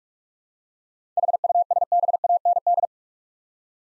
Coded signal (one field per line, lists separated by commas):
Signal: Morse code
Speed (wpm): 46 wpm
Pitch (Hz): 700 Hz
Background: none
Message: HUSBAND